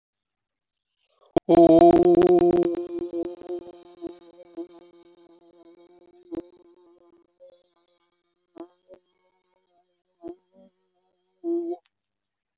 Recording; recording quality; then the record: sustained vowel as in boot; moderate, slight background noise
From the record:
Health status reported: respiratory illness, not identified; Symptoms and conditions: breathing difficulty, hypertension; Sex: male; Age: 56 years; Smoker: yes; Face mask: not worn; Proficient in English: yes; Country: India